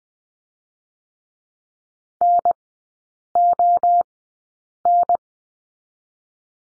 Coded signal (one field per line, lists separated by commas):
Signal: Morse code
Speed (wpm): 20 wpm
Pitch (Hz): 700 Hz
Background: none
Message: N O N